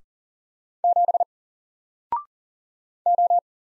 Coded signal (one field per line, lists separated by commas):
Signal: Morse code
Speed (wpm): 39 wpm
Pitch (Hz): 700 Hz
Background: none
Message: 7 O